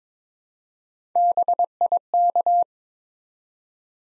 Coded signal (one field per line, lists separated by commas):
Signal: Morse code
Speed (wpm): 22 wpm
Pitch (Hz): 700 Hz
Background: none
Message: BIK